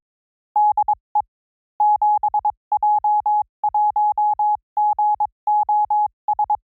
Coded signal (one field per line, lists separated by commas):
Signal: Morse code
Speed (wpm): 22 wpm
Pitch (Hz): 840 Hz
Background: none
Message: DE 7J1GOS